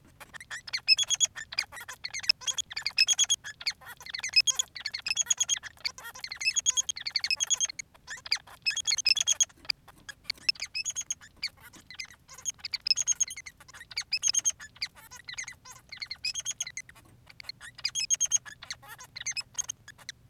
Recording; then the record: song of a male Bengalese finch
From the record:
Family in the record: son of father 3